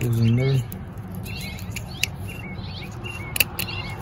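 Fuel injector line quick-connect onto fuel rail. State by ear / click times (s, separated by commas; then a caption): seated / 2.0 s, 3.4 s. A fuel injector line quick-connect on a 2007–2017 Toyota Camry 3.5 is pushed onto its fitting on the fuel rail while someone talks, with chirping birds in the background. Sharp clicks at 2.0 s and 3.4 s mark the connector seating home.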